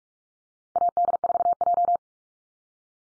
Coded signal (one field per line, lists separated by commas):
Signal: Morse code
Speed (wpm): 44 wpm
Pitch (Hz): 700 Hz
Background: none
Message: AD4J